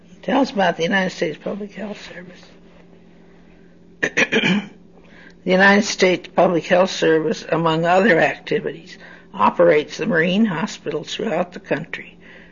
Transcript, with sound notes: He tells about the United States Public Health Service. (clears throat) "The United States Public Health Service among other activities operates the marine hospitals throughout the country.